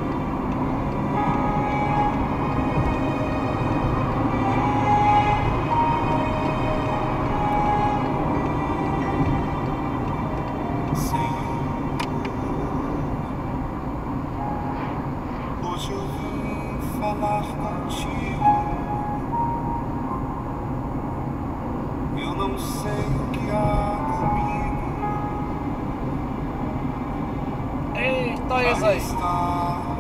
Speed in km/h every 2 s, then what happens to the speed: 111, 117, 117, 108, 99, 96, 91, 89, 89, 87, 89, 90, 88, 87, 86.
0-4 speeds up to 117. 4-14 slows to 89. 14-30 steady at about 88.